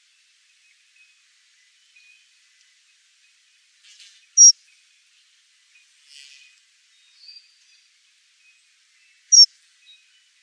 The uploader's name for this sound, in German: Gesänge und Rufe heimischer Vogelarten